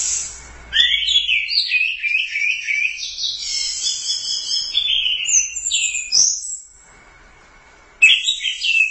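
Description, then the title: Thrush singing a long, unbroken stream of varied whistles and rapid trills, a short pause, then a fresh burst of sharp notes. "burung anis x"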